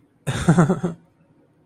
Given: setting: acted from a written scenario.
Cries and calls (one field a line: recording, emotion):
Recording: vocal sound without words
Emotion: amusement